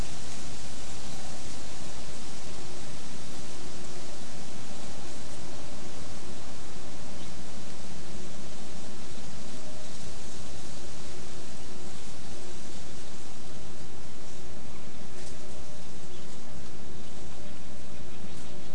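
Wind moves steadily through the oaks and bay, a dense, unbroken rush that barely rises or falls across the whole stretch. A faint low hum runs underneath, and light scratchy ticks in the leaf litter show up here and there, a little more often toward the end.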